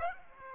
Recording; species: mosquito wingbeat signal from an infrared sensor; Aedes aegypti